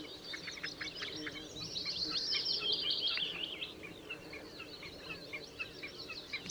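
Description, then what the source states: Bluethroat song, a run of rapid chirps and a sustained buzzy trill around two seconds in, with scattered sharp notes before and after over soft background hiss. Recorded at Schurrsee on 13 April 2014.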